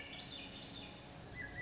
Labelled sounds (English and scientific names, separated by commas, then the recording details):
Swainson's Thrush (Catharus ustulatus)
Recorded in Sonoma County, California